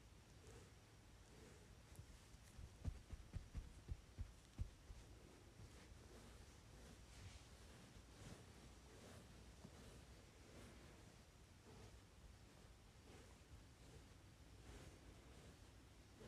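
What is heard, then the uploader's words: A makeup brush sweeps and rubs over a surface, giving a soft, steady rustling hiss that rises and falls in gentle strokes. Between roughly three and five seconds a few sharp taps stand out, after which the brushing continues evenly with light swishes. Makeup Brush.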